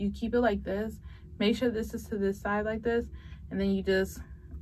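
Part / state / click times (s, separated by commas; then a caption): camera onto tripod grip mount / not seated / none. A Sony ZV1 camera or an accessory is being lined up and handled to slide into a tripod grip mount while someone talks throughout. Nothing has seated or clicked yet.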